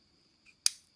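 A faint scrape around 0.5 s sounds like the lock being pushed, followed at 0.7 s by a sharp, bright metal snap with a short ringing tail. The lock let go and the blade closed fully.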